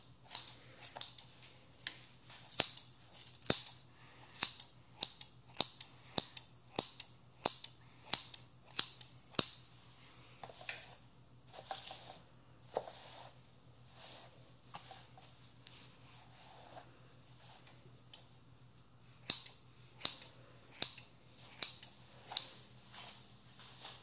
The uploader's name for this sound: Haircut Real Hair and No Talking